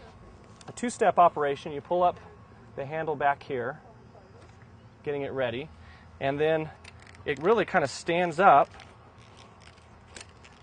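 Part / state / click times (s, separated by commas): stroller fold latch on the stroller frame / seated / 10.2 s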